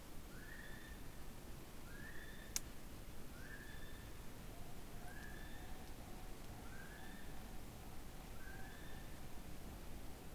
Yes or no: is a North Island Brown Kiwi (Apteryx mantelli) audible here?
yes